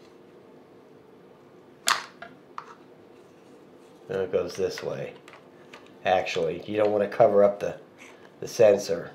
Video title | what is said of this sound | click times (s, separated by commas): Live Amazon Unboxing DJI Mavic Pro Extras Unboxing DJI Spark | and snaps in there. | 1.9 s